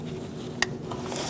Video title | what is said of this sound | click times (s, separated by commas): How to Replace Low Beam Bulbs 2004-2012 Chevrolet Colorado | After you hear the click | 0.6 s